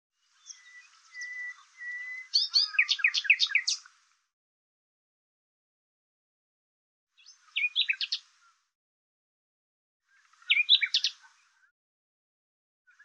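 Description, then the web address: Bird song: thin whistled notes leading into a burst of rapid chirps, followed by two shorter twittering phrases after pauses. "cianscape birddata Deverinetal 2025 Bird Lu Me Lu Me"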